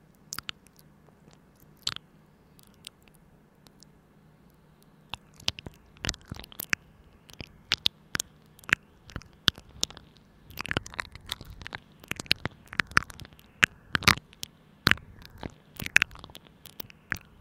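Mouth sounds: sharp, crisp clicks and crunchy smacks, sparse at first, then growing dense and rapid after six seconds over a faint low hum.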